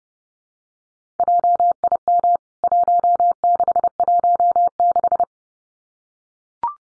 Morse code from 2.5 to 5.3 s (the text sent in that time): 1616